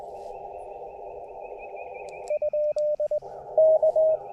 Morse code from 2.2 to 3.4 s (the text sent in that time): ?